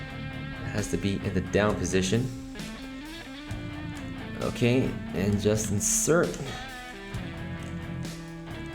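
A part of a plastic S.H.MonsterArts Kou Kyou Kyoku Godzilla 1989 action figure is set to the down position and handled for insertion into the figure body's socket while someone talks over guitar music. Nothing has seated or clicked yet.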